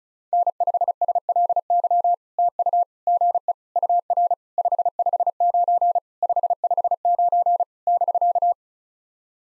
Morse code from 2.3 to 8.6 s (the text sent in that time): TU GE UR 559 559 <BK>